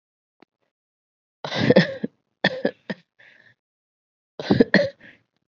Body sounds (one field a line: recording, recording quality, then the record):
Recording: shallow voluntary cough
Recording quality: excellent, no background noise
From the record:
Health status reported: COVID-19 positive, moderate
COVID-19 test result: positive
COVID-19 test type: RT-PCR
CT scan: not taken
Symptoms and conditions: cough, cold, sore throat, fever, fatigue, muscle pain, another condition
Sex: female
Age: 28 years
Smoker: no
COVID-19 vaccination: both doses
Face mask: worn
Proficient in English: yes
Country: India